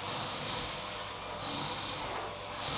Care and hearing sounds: daily activity, microphone in the room; vacuum cleaning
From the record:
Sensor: 1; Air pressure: 1009.6 hPa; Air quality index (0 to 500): 194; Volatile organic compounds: 19 ppm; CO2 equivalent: 2653 ppm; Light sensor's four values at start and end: 31/79/33/40 and 31/79/33/40

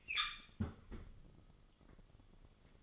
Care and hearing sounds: daily activity, microphone in the room; close fridge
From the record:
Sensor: 4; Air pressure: 1008.5 hPa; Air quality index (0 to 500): 73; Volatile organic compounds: 1 ppm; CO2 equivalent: 629 ppm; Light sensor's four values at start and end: 13/30/13/13 and 14/32/13/14

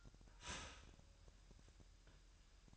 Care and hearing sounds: daily activity, microphone in the room; start toaster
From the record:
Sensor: 2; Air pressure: 1001.9 hPa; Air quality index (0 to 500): 246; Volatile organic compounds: 37 ppm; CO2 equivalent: 3104 ppm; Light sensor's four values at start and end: 9/30/12/11 and 9/30/12/11

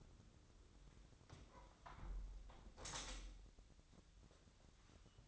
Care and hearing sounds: daily activity, microphone in the room; close window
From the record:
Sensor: 3

